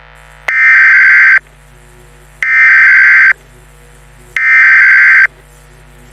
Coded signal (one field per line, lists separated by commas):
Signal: Emergency Alert System (SAME) tones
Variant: header bursts